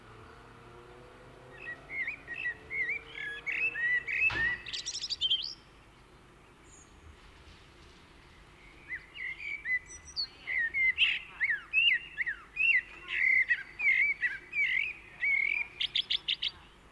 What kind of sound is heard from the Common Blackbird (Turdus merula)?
song